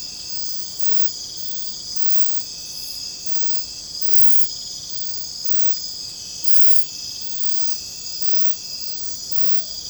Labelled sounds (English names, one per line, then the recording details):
Pale-vented Pigeon
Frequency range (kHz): Pale-vented Pigeon 0.3-1.1 kHz
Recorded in secondary vegetation near Puerto Asís, Putumayo, Colombia, on 21 December 2024 at 22:30
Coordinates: 0.499, -76.323
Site G010